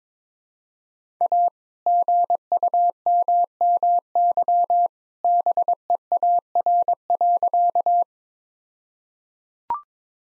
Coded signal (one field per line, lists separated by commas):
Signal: Morse code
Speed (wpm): 22 wpm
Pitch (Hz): 700 Hz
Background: none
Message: A GUMMY BEAR.